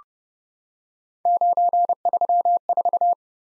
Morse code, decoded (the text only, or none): 934